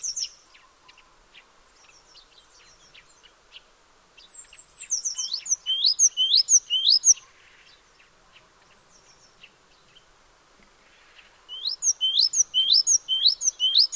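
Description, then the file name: Great tit: two bursts of quick, high, clipped notes, with softer scattered chirps before and between them. "Parus major"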